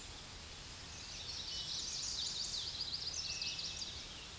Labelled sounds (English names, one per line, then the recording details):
Chestnut-sided Warbler song
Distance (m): 50 m
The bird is about level with the microphone
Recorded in a Pennsylvania forest on 16 May 2024 at 08:10
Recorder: AudioMoth, point MSD-1893
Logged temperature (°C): 16.6 °C
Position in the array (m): 16 m, 26 m